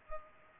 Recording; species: mosquito wingbeat signal from an infrared sensor; Culex pipiens